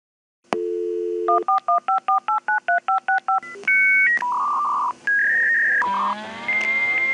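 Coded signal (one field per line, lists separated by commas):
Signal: dial-up modem handshake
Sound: dial tone, about 11 quick dialing beeps, answer tones, then screeching warble and hiss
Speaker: when we revisit like the modem sound that kicked off our event today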